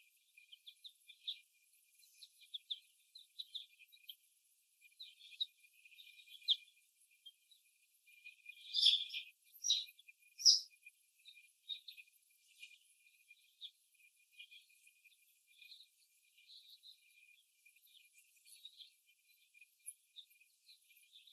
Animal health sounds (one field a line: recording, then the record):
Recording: young laying hens in a cage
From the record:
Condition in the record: before the stressor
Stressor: simulated dog barking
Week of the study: 1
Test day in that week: 1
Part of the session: 3